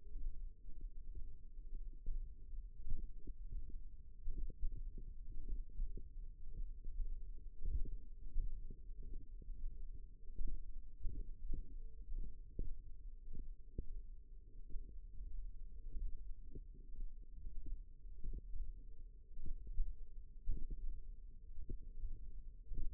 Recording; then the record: forearm muscle sounds (acoustic myography)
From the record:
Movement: tripod grip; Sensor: system 1, eight BSWA MPA416 microphones around the upper forearm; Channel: 8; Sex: female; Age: 21 years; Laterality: right